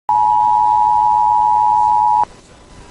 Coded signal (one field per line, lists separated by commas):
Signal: Emergency Alert System (SAME) tones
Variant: 853 and 960 Hz attention tone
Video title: EAS 1505: Pennington SD Civil Emergency Message